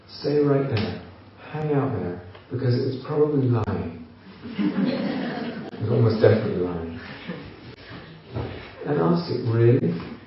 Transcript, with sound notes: Stay right there. Hang out there. Because it's probably lying. [laughter] It's almost definitely lying. Ask it, "Really?